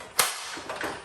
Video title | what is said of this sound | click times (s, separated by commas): Unboxing and Installing Levelok Quick Connect Ladder Leveler | and it clicks in place and then you drop the safety pin in below | 0.2 s